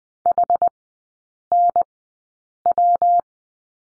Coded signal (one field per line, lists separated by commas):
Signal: Morse code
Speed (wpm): 20 wpm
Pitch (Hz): 700 Hz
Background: none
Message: HNW